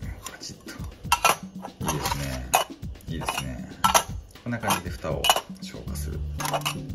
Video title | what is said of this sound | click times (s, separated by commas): ワッツもいいけど2nd streetから新発売真鍮製アルコールストーブの開封燃焼、比較テスト #アルコールストーブ | そして、これはきれいにカチッとはまります | 1.1 s